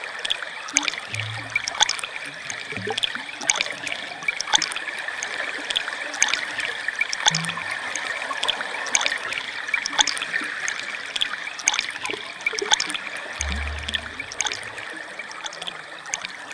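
Water moves steadily through a watery landscape, a continuous trickling and splashing with dense, bright droplets and sharp drips scattered throughout. A few short low thumps or gurgles surface near the start, around seven seconds, and more strongly around fourteen seconds.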